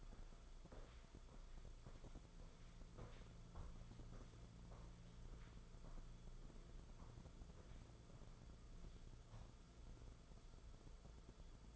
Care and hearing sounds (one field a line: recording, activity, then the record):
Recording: daily activity, microphone in the room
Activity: walk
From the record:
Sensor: 5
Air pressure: 994.5 hPa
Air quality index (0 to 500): 177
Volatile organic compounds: 817 ppm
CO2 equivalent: 5144 ppm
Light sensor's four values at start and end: 11/27/11/12 and 11/27/11/12